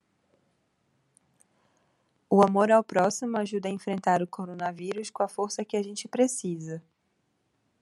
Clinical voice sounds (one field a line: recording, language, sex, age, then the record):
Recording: spoken sentence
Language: Brazilian Portuguese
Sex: female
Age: 30 to 39 years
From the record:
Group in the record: control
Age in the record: 31 years